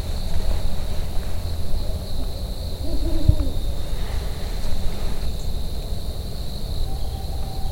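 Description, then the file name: Brown wood owl giving one short, deep hoot near the middle, over steady low noise and a high hum. "brown wood owl strix leptogrammica"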